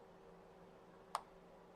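An antenna coax cable on a Samsung Galaxy S6 is pressed onto its board connector during an LCD/digitizer replacement. A single sharp, short click sounds at 1.2 s over a quiet, steady background hum, and the cable connector is seated.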